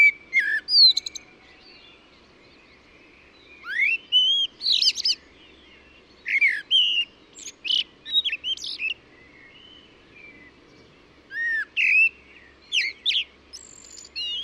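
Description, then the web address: Bird song of repeated phrases mixing rising whistles and sharp chirps, delivered in bursts every couple of seconds over a quiet background. "cianscape birddata Deverinetal 2025 Bird Only Tu Me Tu Me"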